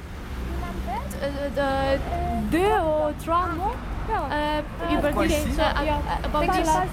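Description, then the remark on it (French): A boat on the water, with a steady low engine-like rumble and water noise throughout while voices with rising and falling tones sound over it. “Le bateau, oui.”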